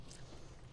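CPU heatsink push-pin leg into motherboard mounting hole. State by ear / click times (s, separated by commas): not seated / none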